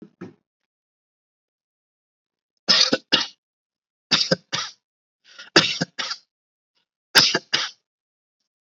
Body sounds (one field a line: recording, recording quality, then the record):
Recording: shallow voluntary cough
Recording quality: moderate, slight background noise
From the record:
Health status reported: healthy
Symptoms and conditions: fatigue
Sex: male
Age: 39 years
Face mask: not worn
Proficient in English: yes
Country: India